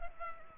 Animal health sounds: mosquito wingbeat signal from an infrared sensor; Culex pipiens

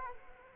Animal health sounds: mosquito wingbeat signal from an infrared sensor; Culex quinquefasciatus

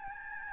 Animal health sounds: mosquito wingbeat signal from an infrared sensor; Aedes albopictus

